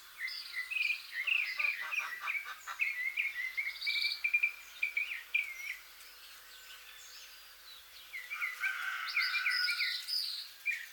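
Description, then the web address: Northern mockingbird singing varied whistled and chirpy phrases, some notes repeated in quick runs, with a brief burst of rapid clicking ticks early on and a short pause midway. "sound Northern-mockingbird. صدای-پرنده-مرغ-تقلیدگر-شمالی"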